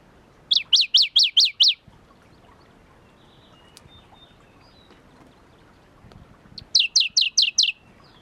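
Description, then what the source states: Shrub frog giving two rapid bursts of about six high, falling chirps each, separated by several seconds of quiet background. Philautus fuscatus at Kuda, 28 June 2012.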